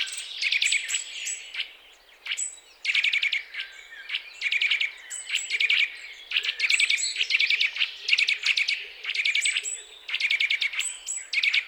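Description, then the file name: Eurasian nuthatch calls in fast bursts of sharp, high chirps, grouped into short rattling runs with brief pauses. "Sitta europaea"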